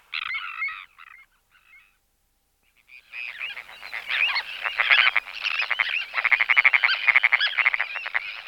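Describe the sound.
Sandwich tern calls: a few harsh grating notes, a pause, then a dense, continuous chorus of overlapping rasping calls from several birds.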